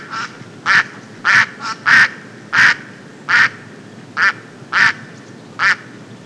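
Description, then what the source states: Duck quacks: loud, nasal quacks given singly at intervals of about half a second to a second. Two ducks.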